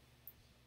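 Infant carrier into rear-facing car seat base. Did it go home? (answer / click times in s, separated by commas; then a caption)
yes / 0.3 s. An infant carrier is snapped down into its installed rear-facing car seat base. A single sharp click at 0.3 s stands out in a fairly quiet stretch. The click confirms the carrier is locked into the base.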